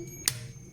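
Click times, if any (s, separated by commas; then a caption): 0.3 s. A click-type torque wrench is re-applied to an already tightened car wheel lug nut and clicks straight away at 125 Nm, with a single sharp, bright click at 0.3 s. A faint low hum runs underneath, and a much weaker tick follows near the end. The recheck confirms the nut is at torque.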